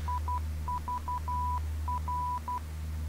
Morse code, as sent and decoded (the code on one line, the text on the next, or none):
.. ...- .-.
IVR